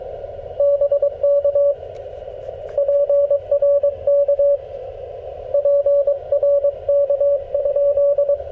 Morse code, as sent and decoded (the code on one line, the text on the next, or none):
-... -.- / .--. .-. -.- / .--. .-. -.- ..--..
BK PRK PRK?